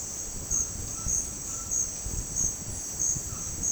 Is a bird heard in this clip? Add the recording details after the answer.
yes. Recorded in dense forest near Puerto Asís, Putumayo, Colombia, on 21 February 2024 at 07:30. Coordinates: 0.485, -76.318. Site G6408